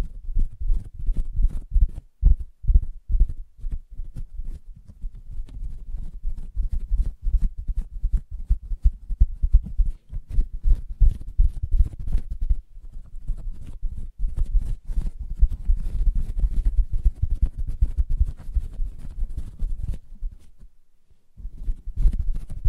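Soft tapping and scratching on a fabric surface, a dense run of quick, muffled taps and rubs that stays low and dull throughout. The pace is busy and uneven, with brief pauses near two, ten and thirteen seconds and a longer quiet stretch around twenty-one seconds.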